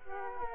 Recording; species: mosquito wingbeat signal from an infrared sensor; Culex quinquefasciatus